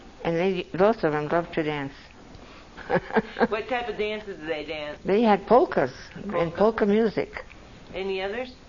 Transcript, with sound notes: And they - both of them loved to dance (laughs)
What type of dances did they dance?
They had polkas! And polka music.
Any others?